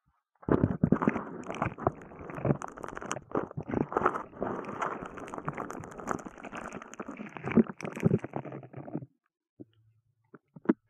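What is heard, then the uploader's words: Bubble wrap and a sponge are squeezed and rubbed in a dense run of crackling pops and squishy rustling from about half a second to nine seconds. The crackle is fairly steady, with sharper snaps scattered throughout. After it stops, a few isolated faint pops follow near the end. Bubble Wrap, Sponge.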